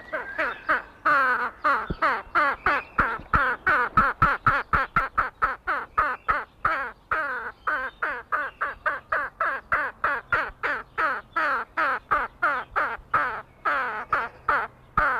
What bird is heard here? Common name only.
Tasmanian Nativehen